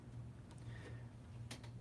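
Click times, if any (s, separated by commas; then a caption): 1.5 s. A filled plastic refillable pod is pushed into a Vaporesso Zero vape device body, and magnets pull it into place. Faint ticks come over a steady low hum, then a sharp click at 1.5 s as the pod seats, followed by a softer tick. Someone talks.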